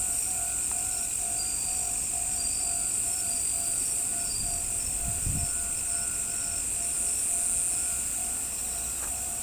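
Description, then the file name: Cricket chorus, a constant high buzzy trill, steady throughout; a brief low thump sounds near the middle and a faint hum continues underneath. "crikets"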